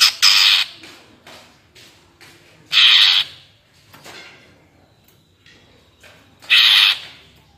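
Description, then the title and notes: Greater green leafbird gives three long harsh buzzy bursts spaced a few seconds apart, with quieter scratchy notes between them. Bird singing vigorously (gacor) in ngentrok style with crest raised; recording meant as a master track for training caged greater green leafbirds. "Cucak Ijo Gacor Ngentrok Jambul Nembak. suara burung cucak ijo gacor, merdu cocok buat masteran burung cucak ijo"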